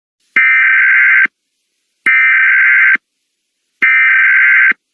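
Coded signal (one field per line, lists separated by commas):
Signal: Emergency Alert System (SAME) tones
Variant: header bursts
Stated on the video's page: Fictional EAS scenario about the Sudan conflict, using valid EAS tones.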